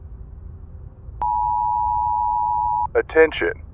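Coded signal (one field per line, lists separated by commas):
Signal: Emergency Alert System (SAME) tones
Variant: 853 and 960 Hz attention tone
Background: speech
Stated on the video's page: Fictional zombie apocalypse EAS scenario on radio.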